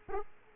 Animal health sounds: mosquito wingbeat signal from an infrared sensor; Aedes aegypti

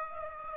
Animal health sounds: mosquito wingbeat signal from an infrared sensor; Aedes aegypti

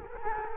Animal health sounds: mosquito wingbeat signal from an infrared sensor; Culex quinquefasciatus

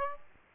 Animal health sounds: mosquito wingbeat signal from an infrared sensor; Aedes aegypti

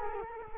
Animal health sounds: mosquito wingbeat signal from an infrared sensor; Culex quinquefasciatus

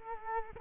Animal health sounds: mosquito wingbeat signal from an infrared sensor; Culex quinquefasciatus

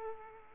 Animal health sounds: mosquito wingbeat signal from an infrared sensor; Aedes aegypti

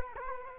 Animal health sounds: mosquito wingbeat signal from an infrared sensor; Culex quinquefasciatus

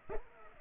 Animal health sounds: mosquito wingbeat signal from an infrared sensor; Culex pipiens

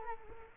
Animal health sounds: mosquito wingbeat signal from an infrared sensor; Culex quinquefasciatus

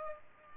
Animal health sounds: mosquito wingbeat signal from an infrared sensor; Culex pipiens

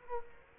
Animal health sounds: mosquito wingbeat signal from an infrared sensor; Culex quinquefasciatus

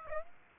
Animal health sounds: mosquito wingbeat signal from an infrared sensor; Aedes aegypti

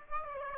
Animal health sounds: mosquito wingbeat signal from an infrared sensor; Aedes aegypti

